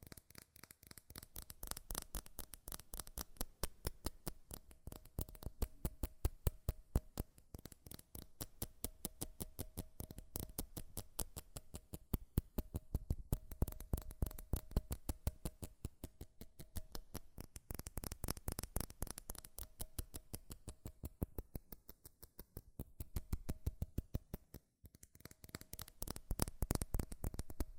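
Fast, furious tapping on metal, a dense run of sharp clicks that never lets up across the whole stretch. The pace and loudness rise and fall in waves, and a faint steady hum sits underneath the taps.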